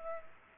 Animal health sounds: mosquito wingbeat signal from an infrared sensor; Culex pipiens

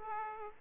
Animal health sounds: mosquito wingbeat signal from an infrared sensor; Aedes aegypti

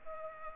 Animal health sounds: mosquito wingbeat signal from an infrared sensor; Culex pipiens

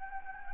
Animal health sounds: mosquito wingbeat signal from an infrared sensor; Anopheles gambiae

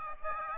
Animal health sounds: mosquito wingbeat signal from an infrared sensor; Aedes aegypti

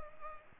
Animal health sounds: mosquito wingbeat signal from an infrared sensor; Culex pipiens

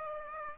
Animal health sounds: mosquito wingbeat signal from an infrared sensor; Aedes aegypti

